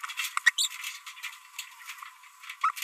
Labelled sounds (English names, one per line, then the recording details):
Green-rumped Parrotlet babbling
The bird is a female
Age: 27 days
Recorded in a nest box in Venezuela
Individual 17B42B3